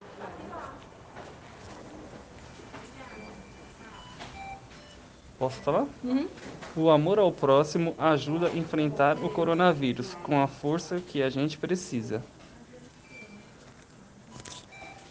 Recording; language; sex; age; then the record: spoken sentence; Brazilian Portuguese; male; 30 to 39 years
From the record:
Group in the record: respiratory insufficiency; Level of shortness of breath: 5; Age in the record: 31 years